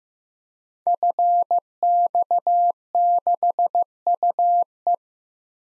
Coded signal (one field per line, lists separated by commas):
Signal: Morse code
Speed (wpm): 15 wpm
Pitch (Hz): 700 Hz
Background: none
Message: FX6UE